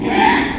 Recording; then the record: squeal of a Yucatan mini pig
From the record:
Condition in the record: after surgery on the right vocal fold (resection and tissue-engineered implant); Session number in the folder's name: 3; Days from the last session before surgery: 33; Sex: male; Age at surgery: 12 weeks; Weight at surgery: 13 kg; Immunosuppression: cyclosporine, prednisolone